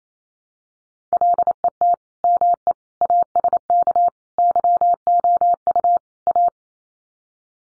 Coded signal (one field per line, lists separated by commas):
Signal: Morse code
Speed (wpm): 28 wpm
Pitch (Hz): 700 Hz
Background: none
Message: LET ME ASK YOU A